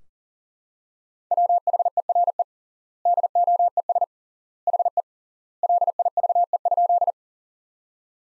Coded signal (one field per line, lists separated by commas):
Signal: Morse code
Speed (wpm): 40 wpm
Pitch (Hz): 700 Hz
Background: none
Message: WHERE DOES HE LIVE?